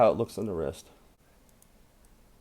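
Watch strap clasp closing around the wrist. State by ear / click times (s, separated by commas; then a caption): seated / 1.6 s. Someone talks, then the clasp of a sailcloth watch strap is closed around the wrist. A short, sharp click sounds at 1.6 s as the clasp snaps shut, and the watch is secure.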